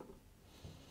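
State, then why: Not seated. The X-axis stepper motor wiring plug is handled at its port on the CNC control box (Long Board), with a faint, low handling rustle and a brief soft tick at the very start. Nothing has seated or clicked yet; the clip ends just before the connector goes home.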